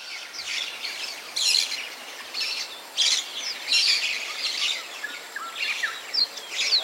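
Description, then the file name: Maroon-bellied parakeet giving harsh, scratchy squawks in short clustered bursts. "canto da tiriba de testa vermelha"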